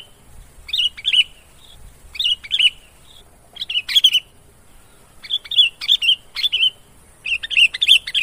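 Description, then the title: Lovebird chirping calls, shrill high chirps in short clusters separated by brief quiet gaps. Lure sound (pikat) used to attract lovebirds for trapping. "PIKAT BURUNG LOVEBIRD"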